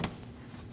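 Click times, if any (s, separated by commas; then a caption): 0.0 s. A white plastic retaining clip is pushed in from the back side of the valance panel on a 2014-2023 Jeep Cherokee, giving a sharp click at 0.04 s followed by a fainter tick at 0.23 s. The clip is seated in the panel.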